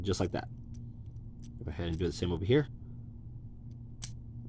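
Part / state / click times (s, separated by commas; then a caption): plastic tab on a toy robot figure clipping into its slot / seated / 4.0 s. Someone talks while repeating the same plastic tab clip on the other side of a Transformers Legacy Prime Arcee toy robot action figure, then a single sharp plastic click sounds at 4.0 s as the tab seats into its slot.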